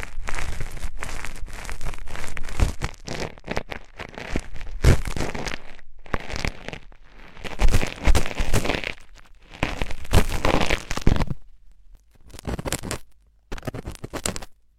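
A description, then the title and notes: Ear cleaning with dense, crackling and crinkling rubs in bursts, separated by brief silences, with sharp clicks near five, eight and eleven seconds. Penetrating flow ear cleaning.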